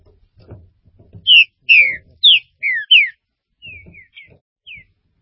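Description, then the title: Green-winged saltator song: five loud, rich downslurred whistles in quick succession, then softer notes, with low bumping noises before and after. "Trinca Ferro"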